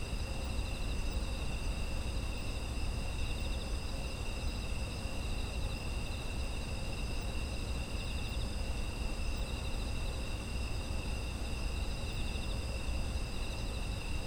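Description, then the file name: Insects calling in a dense, continuous chorus, with high steady trills and rhythmic pulsing chirps over an unchanging low hum. Autumn insect ambience. "秋の虫の環境音"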